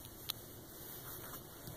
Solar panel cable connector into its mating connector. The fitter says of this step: a little click nice little bit more yeah yeah it locks in there and